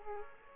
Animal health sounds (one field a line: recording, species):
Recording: mosquito wingbeat signal from an infrared sensor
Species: Aedes aegypti